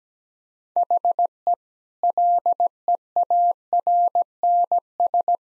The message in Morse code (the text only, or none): HE LEARNS